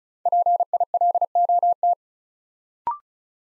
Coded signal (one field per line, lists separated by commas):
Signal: Morse code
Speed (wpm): 36 wpm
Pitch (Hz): 700 Hz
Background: none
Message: PILOT